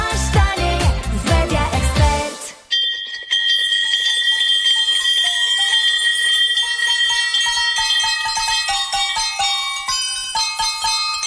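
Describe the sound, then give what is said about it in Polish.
A cheerful carol tune played on real victory bells, the kind rung in clinics when someone has beaten cancer: bright struck notes with long shimmering high overtones, after a short loud burst of rhythmic music at the start. No voices. “Słuchacie właśnie najradośniejszej kolędy na świecie. Złożonej z prawdziwych dzwonków zwycięstwa.”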